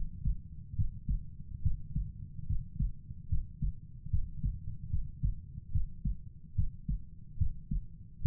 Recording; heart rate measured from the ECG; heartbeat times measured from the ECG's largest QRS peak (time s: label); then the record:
heart sounds by stethoscope; 72 bpm
0.75 s: heartbeat
1.62 s: heartbeat
2.46 s: heartbeat
3.29 s: heartbeat
4.10 s: heartbeat
4.90 s: heartbeat
5.72 s: heartbeat
6.55 s: heartbeat
7.38 s: heartbeat
8.22 s: heartbeat
From the record:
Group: healthy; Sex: male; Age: 35 years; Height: 178 cm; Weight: 64 kg